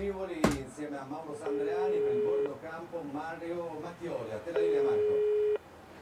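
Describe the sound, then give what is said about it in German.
A sharp click, then two steady, low-pitched ringing tones, each about a second long and a few seconds apart, come over a telephone line on speakerphone while people talk underneath, as a call is placed to an engineering office in Innsbruck, Austria. “Da rufen wir doch mal an. Schalt auf Mithören.”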